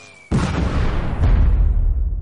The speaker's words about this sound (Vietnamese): Hai tiếng nổ thật lớn vang lên, xe thiết giáp tông vào phế tích, mà đạn hỏa tiễn cũng đồng thời bắn trúng xe thiết giáp. Xe thiết giáp bị đánh nghiêng sang một bên, thùng xe rung động kịch liệt, dây điện bốc hỏa, cái giá ngã nghiêng